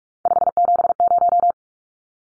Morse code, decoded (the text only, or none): 570